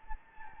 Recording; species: mosquito wingbeat signal from an infrared sensor; Anopheles gambiae